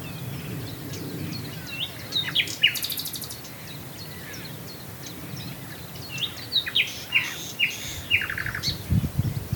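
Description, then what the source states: Common nightingale song with a high buzzy rattle early on, then sharp clicking repeated notes in a rapid series, amid low ambient rumble. Swale.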